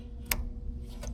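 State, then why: Seated. A large plastic fuel line quick connector is pushed home onto the fuel pump lid fitting of a 2011-2016 Kia Optima fuel pump assembly. It seats with a sharp, loud click at 0.3 s, followed by a fainter tick near 1.1 s over a low steady hum. The connector is clicked in and seated, and it is then given a light tug to make sure it is secure.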